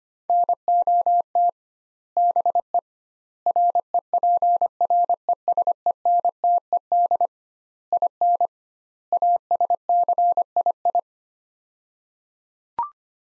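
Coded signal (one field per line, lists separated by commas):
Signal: Morse code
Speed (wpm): 25 wpm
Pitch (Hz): 700 Hz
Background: none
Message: NOT BE REPRESENTED IN ASCII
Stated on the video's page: Morse practice of five-word sets at 25wpm with 2x word spacing, a Farnsworth-like method applied to words.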